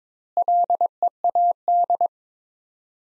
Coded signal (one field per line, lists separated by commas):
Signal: Morse code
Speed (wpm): 21 wpm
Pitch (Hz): 700 Hz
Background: none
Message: LEAD